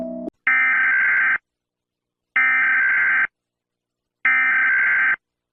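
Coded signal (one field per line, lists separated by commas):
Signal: Emergency Alert System (SAME) tones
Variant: header bursts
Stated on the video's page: Fictional EAS scenario.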